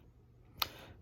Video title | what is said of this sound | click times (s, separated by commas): OUR NEW HOME: 2019 Roadtrek Simplicity SRT (Queen Platform Bed) Walk-Through + Upcoming Adventures | and again it locks into place when you depress that | 0.6 s